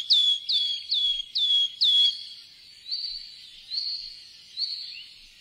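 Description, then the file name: Wood warbler giving five clear, piping, downslurred notes in quick succession, then softer repeated notes. "boeksanger"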